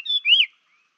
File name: Chinese Hwamei